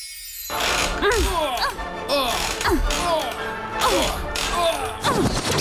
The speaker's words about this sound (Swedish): Du har just hört ljud från en knarrande gungstol.